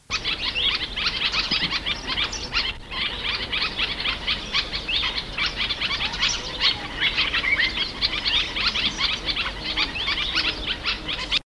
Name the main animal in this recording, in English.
African Red-eyed Bulbul